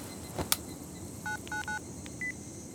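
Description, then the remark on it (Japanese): A short run of telephone keypad tones as someone dials to make a phone call, four to five brief two-pitch beeps at an uneven pace, preceded by a couple of soft clicks over a low background hum. “じゃあ電話してみます。”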